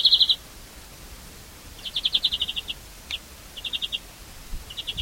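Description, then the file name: European greenfinch calls: four short bursts of fast, high chips, with one sharp single note between. "Chloris chloris"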